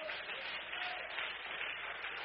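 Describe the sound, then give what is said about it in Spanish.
A church audience applauding for Christ during a service, a dense, steady wash of many hands clapping that holds at an even, moderately loud level for the whole stretch without pause. “Dele ese aplauso fuerte a Cristo.”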